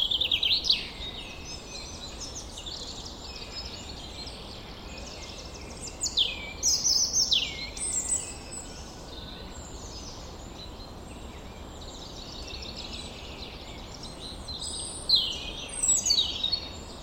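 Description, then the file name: European robin singing short, high, tinkling phrases of sliding whistles and trills, separated by pauses of several seconds, over steady low hiss. "Erithacus rubecula"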